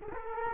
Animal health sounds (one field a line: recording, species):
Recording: mosquito wingbeat signal from an infrared sensor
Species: Culex quinquefasciatus